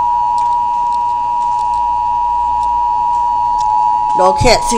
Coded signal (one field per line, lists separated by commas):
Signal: Emergency Alert System (SAME) tones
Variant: 853 and 960 Hz attention tone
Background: speech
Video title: NATIONAL EAS TEST!!!! EAS #58